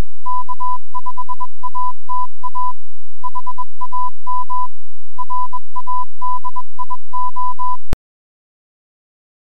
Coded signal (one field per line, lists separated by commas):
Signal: Morse code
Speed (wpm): 21 wpm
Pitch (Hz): 1000 Hz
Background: music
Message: K5ATA HAM RADIO